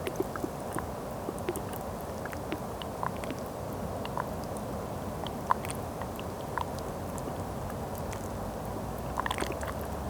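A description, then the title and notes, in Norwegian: Water makes a steady, dense bed of low, murmuring sound that holds an even level throughout. Small sharp clicks and drips pop up irregularly over it, sometimes in brief clusters, with a few brighter ticks near the middle and end. Lyder av vann i flere stadier.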